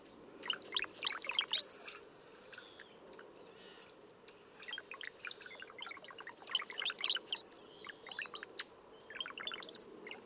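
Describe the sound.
Brown-headed cowbird song, bursts of liquid gurgles with thin high whistles, separated by quieter gaps.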